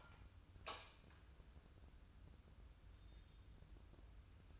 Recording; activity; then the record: daily activity, microphone in the room; light on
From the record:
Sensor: 2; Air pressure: 994.3 hPa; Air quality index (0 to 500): 214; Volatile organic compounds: 1000 ppm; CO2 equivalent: 7104 ppm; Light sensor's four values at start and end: 129/307/130/134 and 133/321/135/140